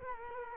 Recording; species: mosquito wingbeat signal from an infrared sensor; Culex quinquefasciatus